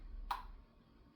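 A crossbow bolt is grabbed and pushed down into a Ravin crossbow until it seats in the nock retention, a safety feature that keeps the crossbow from being dry fired. A single short, sharp click is heard at 0.3 s against a quiet background. The bolt is confirmed set and the crossbow is ready to fire.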